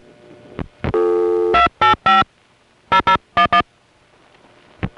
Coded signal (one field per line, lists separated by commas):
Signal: DTMF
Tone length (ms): 100 ms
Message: 285 0011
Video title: Southern California Phone Tapes 1: #5 Crossbar in Van Nuys, Summer 1974